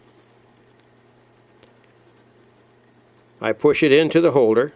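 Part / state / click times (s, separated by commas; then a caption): crimp contact into plastic connector housing / not seated / none. After its locking tab is bent out slightly with a knife blade, a crimp contact for a Heathkit SS9000 synthesized HF transceiver is lined up with its plastic connector housing before being pushed in. A low steady hum plays with a few faint brief ticks near 0.8, 1.6 and 1.8 seconds, then someone talks from about 3.4 seconds. Nothing has seated or clicked yet.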